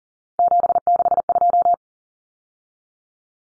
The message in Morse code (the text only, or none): 762